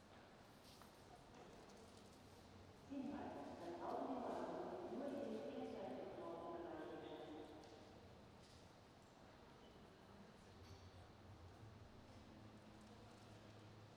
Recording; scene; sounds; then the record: everyday scene through a hearing-aid microphone; reverberant space; announcement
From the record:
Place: railway station hall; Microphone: in the ear canal, right